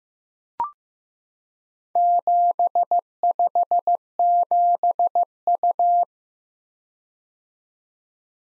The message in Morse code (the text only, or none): 757U